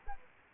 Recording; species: mosquito wingbeat signal from an infrared sensor; Aedes aegypti